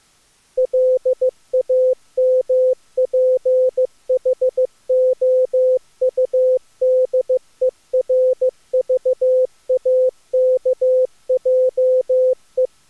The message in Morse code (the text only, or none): LAMPHOUDERVAKJE